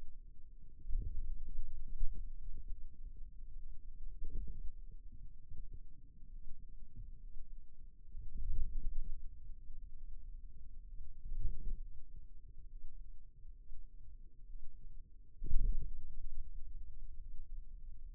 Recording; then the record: forearm muscle sounds (acoustic myography)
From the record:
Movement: wrist extension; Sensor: system 2, bracelet of six BSWA MPA416 microphones around the upper forearm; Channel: 6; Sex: male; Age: 22 years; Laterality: right